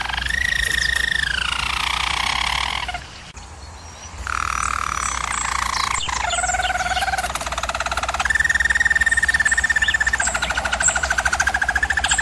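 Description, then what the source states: German Roller canary song: long, steady rolling tours that step between pitches, with a brief quiet gap near three seconds, over a low constant hum. German Roller canary song for training canaries.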